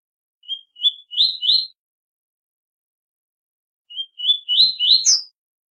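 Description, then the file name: Double-collared seedeater song: two short phrases of clear, rising whistled notes, the second ending in a higher, sharp note, separated by about two seconds of silence. Short song, tui-tui type. "canto do coleiro tui tui curto cibra"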